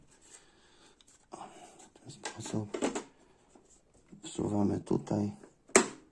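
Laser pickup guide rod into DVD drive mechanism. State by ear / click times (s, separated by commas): seated / 5.8 s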